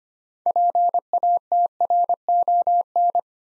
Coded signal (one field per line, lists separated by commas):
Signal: Morse code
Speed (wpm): 25 wpm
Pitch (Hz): 700 Hz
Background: none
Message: PATRON